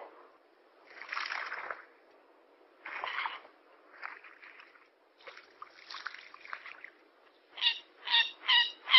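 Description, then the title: Yellow-vented bulbul calls, harsh chattering bursts at first, then four clear bubbly notes repeated about every half second at the end. Bird lure recording. "PIKAT TRUCUKAN"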